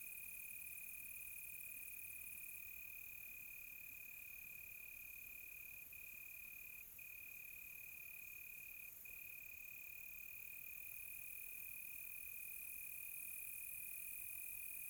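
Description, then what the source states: Cricket produces a long, continuous high trill, briefly dipping a few times, over soft, airy high insect buzzing. Crickets calling close by on a quiet tropical night.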